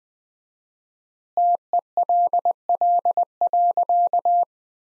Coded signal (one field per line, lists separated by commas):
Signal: Morse code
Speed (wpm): 20 wpm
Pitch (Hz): 700 Hz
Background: none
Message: TELL.